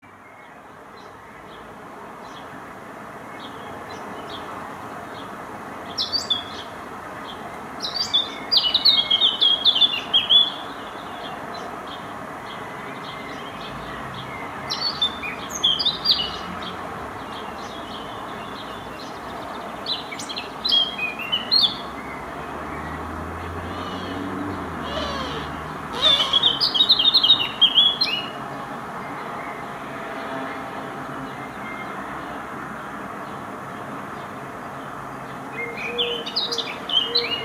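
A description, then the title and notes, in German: A Eurasian blackcap sings in a garden, its bright, warbling phrases arriving in short bursts every few seconds, with the fullest around 9–11 and 26–28 seconds. Underneath runs a steady low rumble of traffic, swelling briefly around 25 seconds. Eurasian blackcap (Sylvia atricapilla).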